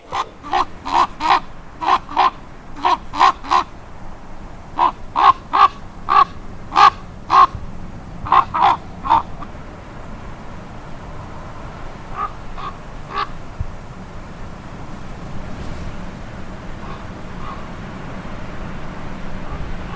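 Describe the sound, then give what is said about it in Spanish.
A crow caws in rapid bursts of harsh, repeated calls, loud and rhythmic for several seconds, then a few fainter caws trail off over a low steady background rumble. “Y precisamente hablando de esto, tenemos a continuación los sonidos de un cuervo, porque no es el canto más melódico, pero ¿quién puede dudar que los pájaros hacen música a su manera, ¿no?”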